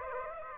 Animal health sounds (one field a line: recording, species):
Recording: mosquito wingbeat signal from an infrared sensor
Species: Aedes aegypti